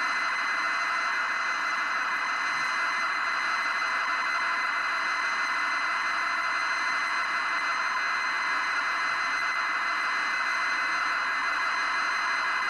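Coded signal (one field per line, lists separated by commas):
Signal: ZX Spectrum tape loading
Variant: 48k ZX Spectrum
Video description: Featuring real time loading from cassette tape on a 48k ZX Spectrum. Previously untested 24 year old tape.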